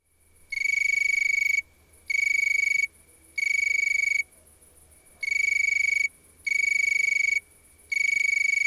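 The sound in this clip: Insect trill: steady, high, ringing buzzes lasting about a second each, separated by short pauses, with one longer gap midway; six bursts in all, no other clear sounds.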